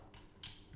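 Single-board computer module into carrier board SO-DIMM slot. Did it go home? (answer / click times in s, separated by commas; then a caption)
yes / 0.4 s. A single-board compute module, tilted into a carrier board's SO-DIMM slot, is pressed down softly from the top with both thumbs until the spring latches catch it. After a faint, quiet rustle, a sharp, bright click rings out at 0.4 s and fades over the next few tenths of a second. The module is seated, with both spring latches snapped in place.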